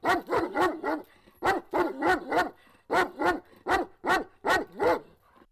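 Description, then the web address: Dog barking in quick runs of sharp barks separated by short pauses, some barks with a rising-falling yelping tone. Dog running about while barking. "dog running about and barking"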